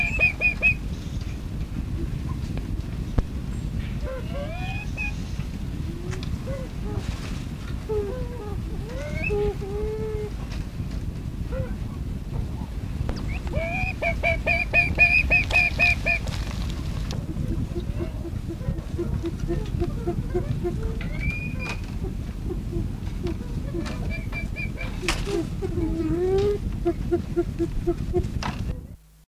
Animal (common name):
Lady Amherst's Pheasant